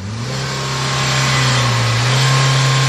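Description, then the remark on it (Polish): A car engine revs up steadily as the driver presses the gas pedal during an exhaust emissions test, and holds at a high, droning pitch for a few seconds, loud and continuous with no voices. “Jak powiem panu start, to pan naciśnie pedał gazu.”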